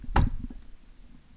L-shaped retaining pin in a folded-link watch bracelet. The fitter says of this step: and there it goes so you heard the snap and now the link is popping out a little bit so what I'm going to do now